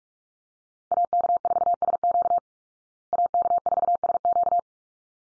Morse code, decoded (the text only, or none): AK4SQ AK4SQ